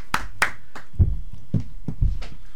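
Sparse applause after a live music performance on a radio programme: about eight separate, unevenly spaced claps, the first few sharp and bright, the later ones duller and more thumping, with no voices.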